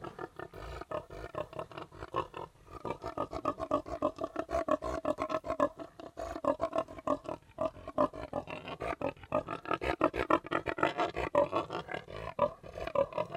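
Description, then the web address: Pigs grunting continuously, rough overlapping snorts and guttural grunts in rapid succession. "The BBC Sound Effects Library. 3 Pigs Grunting 2"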